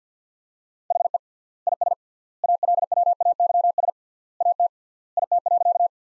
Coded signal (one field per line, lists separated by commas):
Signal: Morse code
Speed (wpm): 46 wpm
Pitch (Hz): 700 Hz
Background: none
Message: HE IS ALWAYS AT IT.